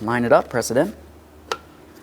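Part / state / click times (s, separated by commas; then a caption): mirror wiring harness connector into door harness connector / seated / 1.5 s. Someone talks briefly as the black electrical connector of a 2008-2016 Chrysler Town & Country side mirror wiring harness is lined up and pressed into its mating door harness connector. A single sharp click sounds at 1.5 s as the connector seats, and a light tug confirms it is secured.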